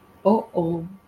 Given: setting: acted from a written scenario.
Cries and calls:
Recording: vocal sound without words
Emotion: shame

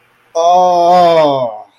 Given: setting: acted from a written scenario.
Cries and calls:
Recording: vocal sound without words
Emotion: negative surprise

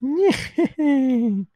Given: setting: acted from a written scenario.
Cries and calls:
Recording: vocal sound without words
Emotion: positive surprise

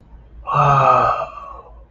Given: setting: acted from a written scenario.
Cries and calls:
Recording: vocal sound without words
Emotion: awe

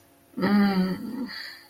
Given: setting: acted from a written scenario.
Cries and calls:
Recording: vocal sound without words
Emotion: desire

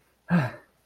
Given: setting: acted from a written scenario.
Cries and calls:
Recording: vocal sound without words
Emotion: relief

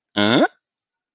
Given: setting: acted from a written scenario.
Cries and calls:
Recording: vocal sound without words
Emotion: interest

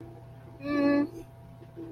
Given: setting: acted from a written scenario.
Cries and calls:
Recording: vocal sound without words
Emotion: neutral

